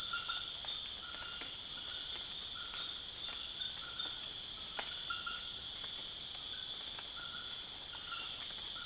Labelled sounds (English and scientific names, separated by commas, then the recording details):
none
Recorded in secondary vegetation near Puerto Asís, Putumayo, Colombia, on 30 June 2025 at 20:00
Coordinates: 0.485, -76.322
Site GP06